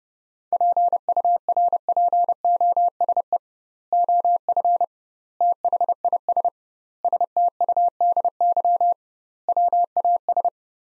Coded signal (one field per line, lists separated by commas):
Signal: Morse code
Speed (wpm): 30 wpm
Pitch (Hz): 700 Hz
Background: none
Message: PURPOSE OF THIS STUDY WAS